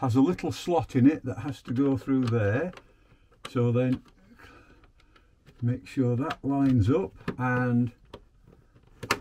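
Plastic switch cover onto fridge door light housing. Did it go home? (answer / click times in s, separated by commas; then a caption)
yes / 9.1 s. Someone talks while the plastic cover of a fridge door-light micro switch is lined up through its slot and squeezed onto the light housing. After a quiet stretch with a few faint ticks, a sharp hit is heard at 9.1 s as the cover goes home and seats.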